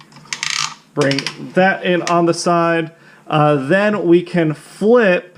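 A plastic tab on a large Transformers Legacy Cybertron Metroplex transforming robot figure is unplugged from its socket during conversion, giving sharp plastic clicks at 0.3 and 0.4 seconds as the tab comes free. Someone then talks.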